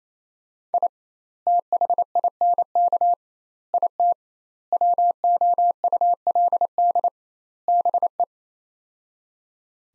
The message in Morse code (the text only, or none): I THINK IT WOULD BE